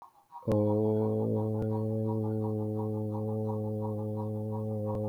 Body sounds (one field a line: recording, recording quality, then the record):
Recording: sustained vowel as in boot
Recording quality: excellent, no background noise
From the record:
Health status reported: healthy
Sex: male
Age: 39 years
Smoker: no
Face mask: worn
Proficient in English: yes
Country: India